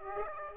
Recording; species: mosquito wingbeat signal from an infrared sensor; Aedes aegypti